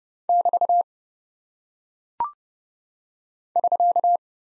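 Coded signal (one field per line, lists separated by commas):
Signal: Morse code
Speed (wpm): 30 wpm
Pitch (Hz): 700 Hz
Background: none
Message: <BT> <SK>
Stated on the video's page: Head-copy practice of single punctuation and prosign characters at 30 wpm; each is sent in Morse, spoken, then sent again.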